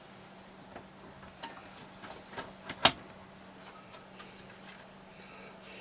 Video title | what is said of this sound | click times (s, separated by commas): New Shop PC Build | back all right that click in place go ahead and get this Cruise back in this | 2.9 s